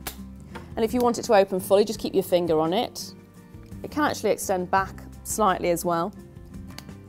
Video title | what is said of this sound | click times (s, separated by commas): Studio - Telescopic Duster | it'll lock again | 0.1 s